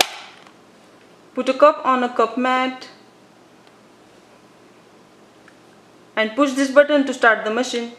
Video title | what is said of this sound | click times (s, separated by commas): Frigidaire Single Serve K-Cup & Ground Coffee Maker Unboxing Review & Demo 2020 | now close the lid until it snaps put | 0.0 s